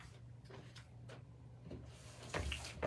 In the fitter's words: make sure we hear the click as we put it in